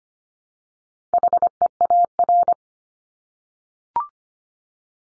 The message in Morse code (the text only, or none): HEAR